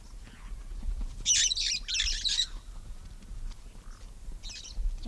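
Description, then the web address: Red-fronted parrot giving a short cluster of harsh, scratchy squawks near the middle, then one softer squawk later, over a low background rumble. "parrots poicephalus-gulielmi"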